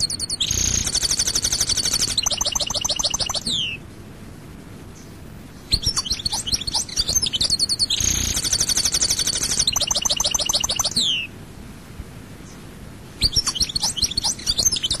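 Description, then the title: Goldfinch song, a long rattling, tinkling phrase with a harsh buzzy section and a downward-slurred ending, repeated after a pause, with short chirps near the end. "Chant Chardonneret"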